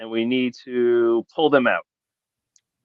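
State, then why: Seated. Someone talks, then pulls a slider on the flip-down door panel of a plastic transforming robot toy figure outward until it locks into its detent with a faint click at 2.6 s. The slider is seated in position.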